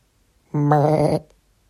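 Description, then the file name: Sheep or goat bleat, a single harmonic-rich wavering cry lasting about two thirds of a second, otherwise quiet. "zvuk ovechki ili kozi"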